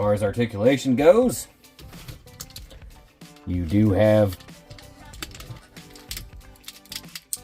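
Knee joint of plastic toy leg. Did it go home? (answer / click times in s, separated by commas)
yes / 7.3 s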